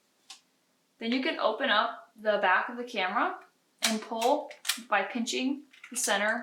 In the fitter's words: and twist it towards yourself and you'll hear it pop open then